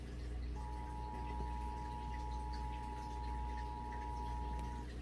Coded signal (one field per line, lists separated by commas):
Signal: Emergency Alert System (SAME) tones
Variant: 853 and 960 Hz attention tone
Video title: Riverside-San Bernardino Required Monthly Test (EAS #608-612) 7/5/23